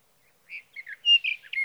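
Sage thrasher song: quick, varied warbled phrases, short slurred notes strung together with barely any pauses.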